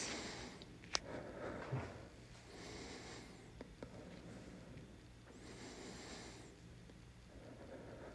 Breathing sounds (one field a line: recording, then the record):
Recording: deep breathing after running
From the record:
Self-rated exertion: moderate exertion (3 of 6)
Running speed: 8 miles an hour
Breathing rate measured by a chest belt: 24 breaths a minute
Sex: male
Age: 27 years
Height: 185 cm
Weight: 76 kg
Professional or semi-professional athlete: no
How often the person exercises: over 5 times a week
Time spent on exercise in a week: over 5 hours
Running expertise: no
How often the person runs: over 5 times a week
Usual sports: running, weight training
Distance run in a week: 65 km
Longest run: 42 km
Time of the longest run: 214 minutes